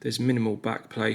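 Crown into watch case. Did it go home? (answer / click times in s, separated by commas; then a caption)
no / none. A watch crown on a Traska Seafarer Charcoal Black 5223 V3 is handled while in the time-setting position, on its way back into the watch case. Someone talks throughout the clip. Nothing has seated or clicked yet.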